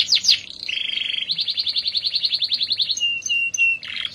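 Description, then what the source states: Canary song: a fast buzzy trill of rapid repeated notes, then clear whistled notes held steady and a closing burst of chatter. F1 canary; therapy recording intended for a canary that has stopped singing.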